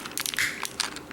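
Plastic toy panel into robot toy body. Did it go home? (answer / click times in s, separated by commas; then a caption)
yes / 0.8 s. A plastic panel is pushed home into the body of a plastic transforming robot toy during transformation, after the step is retried. Several short plastic clicks and crinkly handling noises come first, then a sharp snap at 0.8 s as the panel locks firmly into place. A final click follows near the end.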